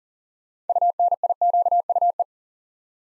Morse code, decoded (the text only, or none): UNIQUE